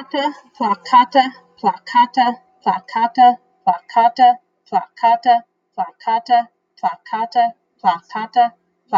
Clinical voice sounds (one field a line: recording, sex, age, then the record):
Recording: repeated syllables /pa ta ka/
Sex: female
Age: 30 to 39 years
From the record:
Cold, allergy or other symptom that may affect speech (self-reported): no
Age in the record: 36 years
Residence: Arizona, United States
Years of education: 21